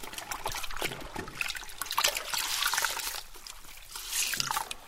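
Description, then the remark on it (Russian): Water pours and trickles steadily for several seconds, a continuous bright splashing with small uneven surges, as someone's hair is rinsed three times until clean, with no voices. “Она промывает мне волосы 3 раза, пока они вновь не становятся чистыми,”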